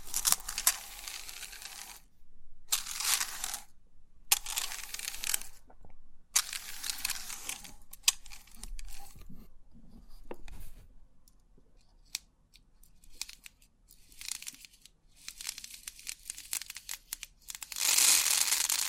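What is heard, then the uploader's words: Crisp 3D pin art tingles: bursts of bright, hissy clicking and rattling, like many small pins shifting at once, come in separate sweeps of about a second or two with short silences between. Quieter ticking and light crinkling fill the middle stretch, and a loud rush closes the clip. Crisp 3D Pin Art Tingles(No Talking).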